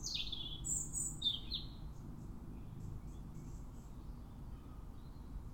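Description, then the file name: European robin song: a few high, bright sliding notes at the start, followed by faint high twitters, over a constant low background rumble. "Erithacus rubecula"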